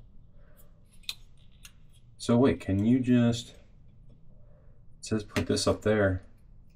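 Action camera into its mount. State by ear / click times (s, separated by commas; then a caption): not seated / none. A small Insta360 Go 3S action camera body is handled next to its magnetic mount or holder, with faint sharp taps around 1.1, 1.4 and 1.7 seconds. Someone talks twice over a quiet background. Nothing has seated or clicked into the mount yet.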